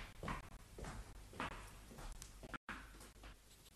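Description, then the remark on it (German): Faint, scratchy strokes of a dip pen across paper, coming in uneven bursts with soft rasping between them, and no voices. “Hier haben Sie Papier und Federhalter. Sie dürfen sich mit Ihren Schularbeiten beschäftigen.”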